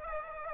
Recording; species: mosquito wingbeat signal from an infrared sensor; Aedes aegypti